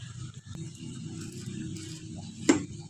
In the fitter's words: Nanti kalau udah pas nanti bakalan dia turun. Ada bunyi klek. Nah, itu udah pas.